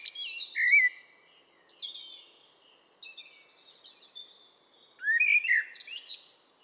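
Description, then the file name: Common blackbird phrases of fluty notes and high twitters at the start and end, with fainter high twittering between them. "Turdus merula"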